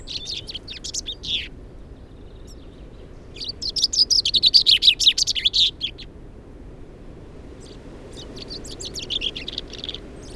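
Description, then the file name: Common chaffinch song: the end of one phrase, then a full phrase of high notes falling in pitch, then fainter notes, over soft background hiss. "Fringilla coelebs"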